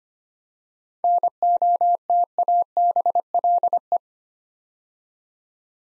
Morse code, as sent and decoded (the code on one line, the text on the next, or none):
-. --- - .- -... .-.. .
NOTABLE